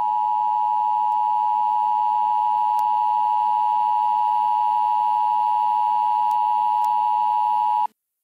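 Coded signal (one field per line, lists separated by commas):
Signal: Emergency Alert System (SAME) tones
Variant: 853 and 960 Hz attention tone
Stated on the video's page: Simulated local-area emergency alert; tones from a shared source and an EAS emulator.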